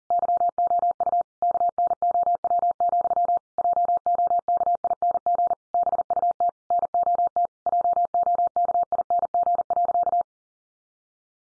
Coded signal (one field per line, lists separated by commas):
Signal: Morse code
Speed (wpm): 40 wpm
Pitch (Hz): 700 Hz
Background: none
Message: YOU KNOW, JOKING BUT NOT JOKING.